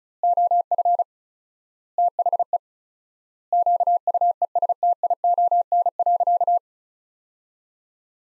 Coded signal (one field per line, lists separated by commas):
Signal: Morse code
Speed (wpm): 36 wpm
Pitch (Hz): 700 Hz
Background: none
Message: OF THE QUESTION.